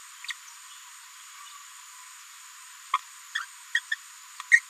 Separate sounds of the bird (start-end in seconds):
3.35-3.45, 3.74-3.80, 3.91-3.95, 4.51-4.60